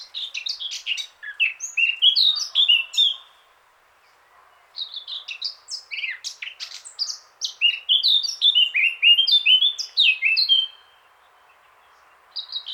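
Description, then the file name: Eurasian blackcap singing: rapid scratchy warbles running into clearer fluty notes, two long phrases split by a quiet gap of about a second, another starting at the end. "Sylvia atricapilla"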